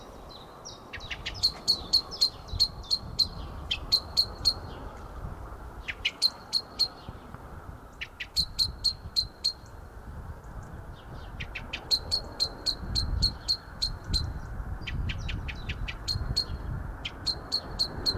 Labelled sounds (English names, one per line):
Common Blackbird